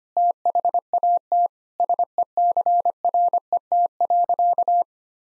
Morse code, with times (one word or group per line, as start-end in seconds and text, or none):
0.2-1.5 THAT
1.8-4.8 SECRET.